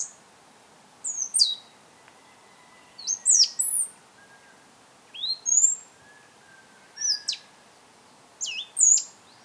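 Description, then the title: Black-crested Warbler giving sharp, high, downslurred chip notes in short clusters of two or three, repeated roughly every one and a half to two seconds over a faint steady background hum. "Myiothlypis Nigrocristata"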